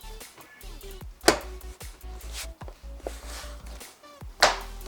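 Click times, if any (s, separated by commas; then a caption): 1.3 s, 4.4 s. Pressure is applied to a plastic lighted door sill plate on a Tesla Model S, snapping its trim clips into the car's door sill. Two sharp snaps at 1.3 s and 4.4 s mark the clips seating, with quieter taps between them over steady background music. The sill plate is seated.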